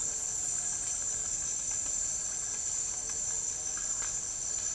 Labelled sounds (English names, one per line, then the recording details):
none
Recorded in dense forest near Puerto Asís, Putumayo, Colombia, on 12 March 2025 at 10:00
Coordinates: 0.485, -76.318
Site G056